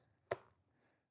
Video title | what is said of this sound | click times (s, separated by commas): FOAM CANNON NOT WORKING? Here’s the EASY FIX. | So it still clicks. It's still fine in that regard. It's got a nice click to it. | 0.3 s